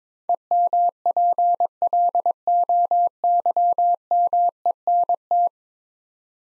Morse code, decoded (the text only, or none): EMPLOYMENT